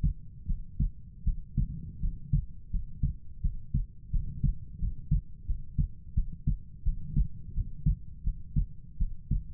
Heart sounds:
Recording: heart sounds by stethoscope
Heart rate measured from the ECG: 85 bpm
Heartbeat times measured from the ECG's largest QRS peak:
0.46 s: heartbeat
1.24 s: heartbeat
1.99 s: heartbeat
2.70 s: heartbeat
3.41 s: heartbeat
4.10 s: heartbeat
4.79 s: heartbeat
5.45 s: heartbeat
6.14 s: heartbeat
6.83 s: heartbeat
7.53 s: heartbeat
8.23 s: heartbeat
8.97 s: heartbeat
From the record:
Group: healthy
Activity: cold pressor test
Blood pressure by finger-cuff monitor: 73/53 mmHg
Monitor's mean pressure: 61 mmHg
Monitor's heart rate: 86 bpm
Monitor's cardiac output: 6.4 L/min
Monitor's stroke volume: 76 mL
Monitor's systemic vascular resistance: 670 dyn s/cm5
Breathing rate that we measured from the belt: 23 breaths a minute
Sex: female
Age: 19 years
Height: 163 cm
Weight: 48.9 kg

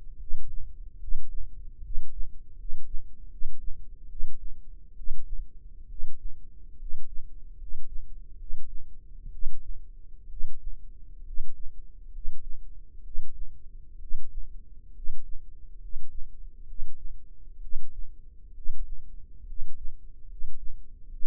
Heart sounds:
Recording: heart sounds by microphone in the left ear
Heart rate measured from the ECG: 69 bpm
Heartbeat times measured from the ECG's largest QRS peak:
0.16 s: heartbeat
0.97 s: heartbeat
1.79 s: heartbeat
2.53 s: heartbeat
3.26 s: heartbeat
4.06 s: heartbeat
4.93 s: heartbeat
5.85 s: heartbeat
6.75 s: heartbeat
7.54 s: heartbeat
8.35 s: heartbeat
9.28 s: heartbeat
10.26 s: heartbeat
11.21 s: heartbeat
12.08 s: heartbeat
13.00 s: heartbeat
13.96 s: heartbeat
14.90 s: heartbeat
15.76 s: heartbeat
16.63 s: heartbeat
17.58 s: heartbeat
18.51 s: heartbeat
19.43 s: heartbeat
20.24 s: heartbeat
21.07 s: heartbeat
From the record:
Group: healthy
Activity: rest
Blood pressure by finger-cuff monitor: 110/55 mmHg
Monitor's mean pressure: 65 mmHg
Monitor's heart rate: 69 bpm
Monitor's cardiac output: 7.9 L/min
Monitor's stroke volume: 115 mL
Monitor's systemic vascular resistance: 600 dyn s/cm5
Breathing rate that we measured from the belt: 14 breaths a minute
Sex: male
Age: 22 years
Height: 185 cm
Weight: 112.4 kg

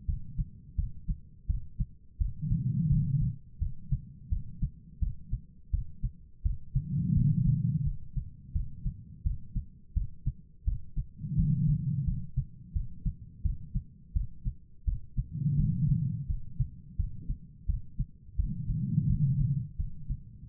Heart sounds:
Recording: heart sounds by stethoscope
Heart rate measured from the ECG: 85 bpm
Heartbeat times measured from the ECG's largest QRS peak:
0.06 s: heartbeat
0.76 s: heartbeat
1.47 s: heartbeat
2.18 s: heartbeat
2.89 s: heartbeat
3.59 s: heartbeat
4.30 s: heartbeat
5.00 s: heartbeat
5.71 s: heartbeat
6.43 s: heartbeat
7.14 s: heartbeat
7.84 s: heartbeat
8.53 s: heartbeat
9.23 s: heartbeat
9.94 s: heartbeat
10.65 s: heartbeat
11.36 s: heartbeat
12.05 s: heartbeat
12.73 s: heartbeat
13.43 s: heartbeat
14.14 s: heartbeat
14.85 s: heartbeat
15.57 s: heartbeat
16.27 s: heartbeat
16.97 s: heartbeat
17.67 s: heartbeat
18.37 s: heartbeat
19.07 s: heartbeat
19.77 s: heartbeat
20.47 s: heartbeat
From the record:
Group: healthy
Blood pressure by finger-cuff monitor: 104/74 mmHg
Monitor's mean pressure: 87 mmHg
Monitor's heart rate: 85 bpm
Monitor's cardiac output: 4.8 L/min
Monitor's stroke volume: 56 mL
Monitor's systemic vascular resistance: 1320 dyn s/cm5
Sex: female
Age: 51 years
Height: 162 cm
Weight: 70.04 kg

